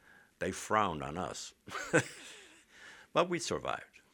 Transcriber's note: he laughs